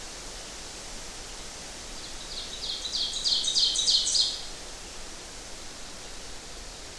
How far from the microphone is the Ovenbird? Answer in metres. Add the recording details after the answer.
about 25 m. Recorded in boreal forest in Alberta, Canada, on 12 June 2016 at 07:40. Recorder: SongMeter 3, array SBT-3-18. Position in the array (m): 122 m, 108 m. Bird 29